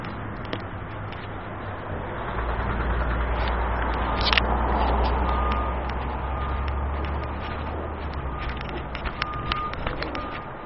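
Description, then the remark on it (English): A bus's deep engine rumble swells and settles over a steady wash of street noise, with faint thin squeals and scattered clicks, as it pulls up and brakes to a stop. “Bus just pulled up.”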